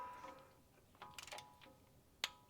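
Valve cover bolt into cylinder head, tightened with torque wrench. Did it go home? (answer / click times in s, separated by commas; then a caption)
yes / 2.2 s. A valve cover bolt is tightened into a cylinder head with a click-type torque wrench, with a faint steady tonal hum in the background and a few light ticks around 1.0–1.3 s. The wrench gives a loud, sharp click at 2.2 s, confirming the bolt reached its torque setting, followed by a softer tick at 2.5 s.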